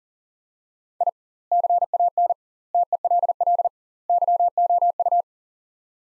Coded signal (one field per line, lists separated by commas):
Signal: Morse code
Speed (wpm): 40 wpm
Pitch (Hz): 700 Hz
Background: none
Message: I CAN TELL YOU